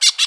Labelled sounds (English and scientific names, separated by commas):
Brown-throated Parakeet (Eupsittula pertinax) contact call